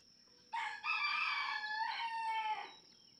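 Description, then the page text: Red junglefowl (chicken): rooster crowing, one long harmonic crow with a short opening note, then a sustained phrase that wavers and ends after about two seconds. Several domestic roosters (chickens) in a barnyard, each crowing differently, just outside Mammoth Cave National Park, Kentucky, USA, June 2, 2010; illustrates that each individual has its own song. "Birdsong for the Curious Naturalist Red junglefowl (chicken) No two roosters crow alike in this Kentucky barnyard. June 2, 2010. Just outside Mammoth Cave National Park, Kentucky."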